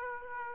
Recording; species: mosquito wingbeat signal from an infrared sensor; Aedes aegypti